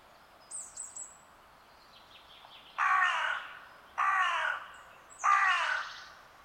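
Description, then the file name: Carrion crow calling: three rough, grating caws roughly a second apart, after a few high chirps. "Corvus corone"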